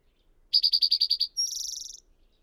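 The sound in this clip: Bird song: seven rapid clipped notes in a steady row, then a short buzzy trill that fades slightly, with no other sounds.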